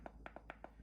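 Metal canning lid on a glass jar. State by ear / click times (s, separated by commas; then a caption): not seated / none. Someone presses on the metal lid of a cooled glass canning jar of pepper jelly, and the lid flexes up and down with five rapid, light clicks near 0.1, 0.3, 0.4, 0.5 and 0.6 seconds. The lid has not sealed; nothing has seated yet.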